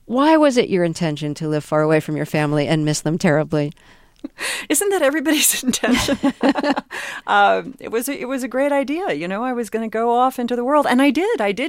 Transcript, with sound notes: Why was it your intention to live far away from your family and miss them terribly?
Isn't that everybody's intention?
(LAUGHTER)
It was a great idea, you know. I was going to go off into the world. And I did.